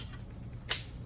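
A canopy corner slider on the metal frame leg of an E-Z UP tailgate tent is pushed up at the second corner until it latches into the lock with a sharp click at 0.7 s. A fainter tick comes just before at 0.1 s over a steady low background hum. The corner slider is seated and locked in.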